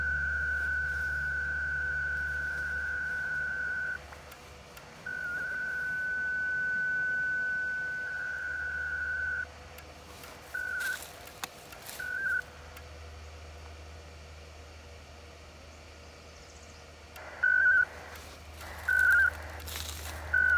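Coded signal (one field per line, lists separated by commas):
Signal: HF data modem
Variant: ARDOP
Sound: long steady whistle-like tones near 1.5 kHz, then short warbling data bursts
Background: low mains hum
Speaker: let's try one more time and see if we can actually get a connection to go through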